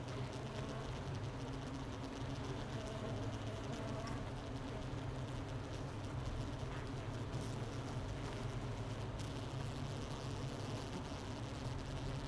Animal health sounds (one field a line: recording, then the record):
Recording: honeybee colony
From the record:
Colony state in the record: missing queen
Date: 31 May 2018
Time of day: 11:54